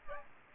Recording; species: mosquito wingbeat signal from an infrared sensor; Aedes aegypti